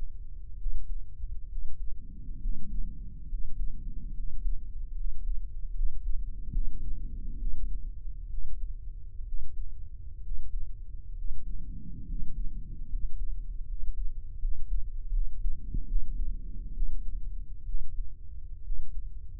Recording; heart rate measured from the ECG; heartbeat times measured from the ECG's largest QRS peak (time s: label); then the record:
heart sounds by microphone in the right ear; 70 bpm
0.55 s: heartbeat
1.46 s: heartbeat
2.38 s: heartbeat
3.27 s: heartbeat
4.12 s: heartbeat
4.93 s: heartbeat
5.72 s: heartbeat
6.50 s: heartbeat
7.36 s: heartbeat
8.27 s: heartbeat
9.23 s: heartbeat
10.20 s: heartbeat
11.13 s: heartbeat
12.04 s: heartbeat
12.87 s: heartbeat
13.64 s: heartbeat
14.37 s: heartbeat
15.10 s: heartbeat
15.84 s: heartbeat
16.71 s: heartbeat
17.63 s: heartbeat
18.61 s: heartbeat
From the record:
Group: healthy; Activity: cold pressor test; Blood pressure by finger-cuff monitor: 130/76 mmHg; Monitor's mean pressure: 91 mmHg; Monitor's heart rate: 65 bpm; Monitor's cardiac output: 7.5 L/min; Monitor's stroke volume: 114 mL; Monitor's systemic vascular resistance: 890 dyn s/cm5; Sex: male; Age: 23 years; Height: 178 cm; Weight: 96.6 kg